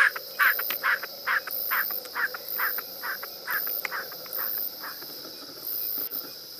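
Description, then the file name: Snipe with a series of short, scratchy calls repeated about twice a second that thin out and stop after about four and a half seconds, leaving a steady insect whine. "Narceja"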